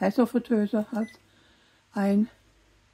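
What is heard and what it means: Someone talks while handling the basket drawer of an air fryer, about to push it fully home into the housing because it had not been properly in before and the display did not show the zone. Speech fills the first second, followed by a quiet stretch and another short burst of voice near 2.0 s. Nothing has seated or clicked yet.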